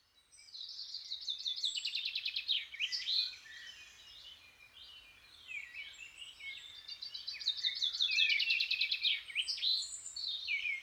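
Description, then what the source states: Birds singing together, several high songs overlapping with rapid trills and whistled notes, swelling in two bursts with a quieter stretch between. Birds waking up.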